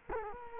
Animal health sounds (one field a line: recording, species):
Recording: mosquito wingbeat signal from an infrared sensor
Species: Culex quinquefasciatus